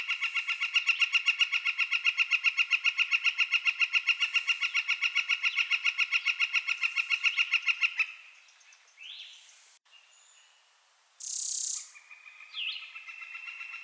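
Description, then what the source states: Northern flicker giving a loud, even series of clipped notes, several per second, running for about eight seconds, then stopping, followed by scattered softer sounds. Subspecies Colaptes auratus collaris.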